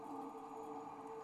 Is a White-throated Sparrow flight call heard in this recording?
no